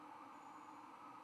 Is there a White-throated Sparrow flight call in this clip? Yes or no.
no